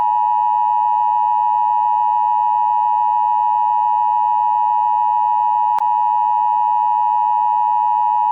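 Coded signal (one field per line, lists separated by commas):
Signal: Emergency Alert System (SAME) tones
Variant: 853 and 960 Hz attention tone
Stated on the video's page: Homemade tornado warning EAS mock made in Windows Movie Maker.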